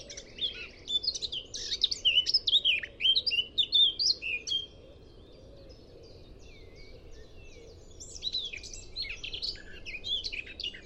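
Eurasian blackcap song: bursts of rich, fast warbling notes sliding up and down, loud for about four seconds, then a pause and a softer warbling phrase near the end.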